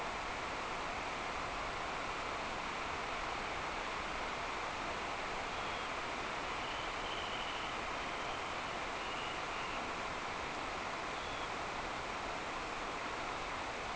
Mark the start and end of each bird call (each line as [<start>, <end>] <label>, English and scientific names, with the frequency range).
[5.42, 5.91] Dunlin (Calidris alpina) (2.8-4.1 kHz)
[6.37, 9.81] Dunlin (Calidris alpina) (2.2-3.7 kHz)
[11.12, 11.52] Dunlin (Calidris alpina) (2.9-3.9 kHz)